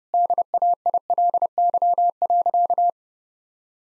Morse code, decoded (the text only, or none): DAILY.